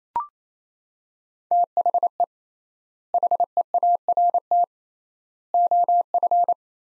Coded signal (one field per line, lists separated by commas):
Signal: Morse code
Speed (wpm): 28 wpm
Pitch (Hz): 700 Hz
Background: none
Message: THE HEART OF